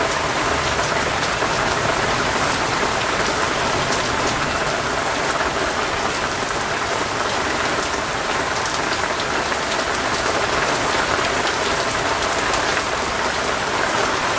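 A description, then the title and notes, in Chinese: Heavy rain pours down in a steady, dense hiss that never lets up across the whole stretch. The sound is bright and full, with countless drops pattering on a surface and a faint low rumble underneath. 躲在屋檐下的你 听着隆隆雨声 白噪音。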